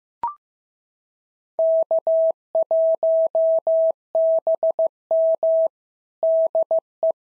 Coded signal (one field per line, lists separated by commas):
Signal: Morse code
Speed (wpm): 15 wpm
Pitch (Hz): 650 Hz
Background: none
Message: K1BM DE